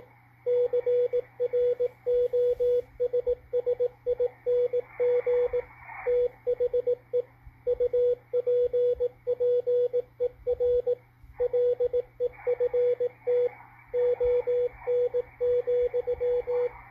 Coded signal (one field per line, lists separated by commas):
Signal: Morse code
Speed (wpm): 19 wpm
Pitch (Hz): 490 Hz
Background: radio noise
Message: CROSSING THE UPPER LEFT ON,